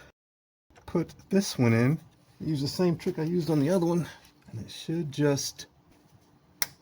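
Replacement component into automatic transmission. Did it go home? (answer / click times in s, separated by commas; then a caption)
yes / 6.6 s. A replacement component is pushed into place in the automatic transmission of a 1995 BMW E36, using the same trick as on the previous one, while someone talks. A single sharp snap at 6.6 s marks the part seating in place.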